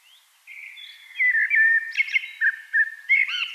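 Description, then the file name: Eurasian blackbird song: a quiet start, then loud mellow fluted warbles rising and falling, ending in quick high twittery flourishes. "Turdus merula"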